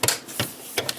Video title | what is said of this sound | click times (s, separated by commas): How to repair a CD/DVD drive that won't eject the discs | put it back on it just kind of pops into place | 0.0 s, 0.9 s